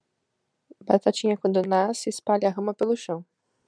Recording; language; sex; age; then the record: short text; Brazilian Portuguese; female; 20 to 29 years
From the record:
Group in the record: control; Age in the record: 23 years